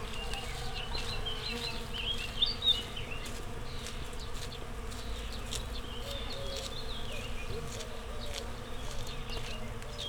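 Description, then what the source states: Bee: low insect buzzing continues beneath busier bird chatter, with whistled and squeaky notes and a couple of louder knocks. Bees in a flowering rapeseed field, Słoneczna 9, Siemianowice Śląskie, Poland; Saturday 18 May 2019; Zoom H5 with Audio-Technica BP4025.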